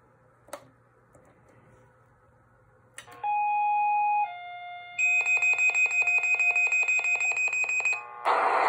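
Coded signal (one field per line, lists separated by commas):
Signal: two-tone page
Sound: two steady paging tones in sequence, then a pager's fast repeating alert beeps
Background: radio static burst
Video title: #activate #radio #pager #hamradio #vhf #fun #entertainment #nerd #beep #fire #ems #police #nostalgia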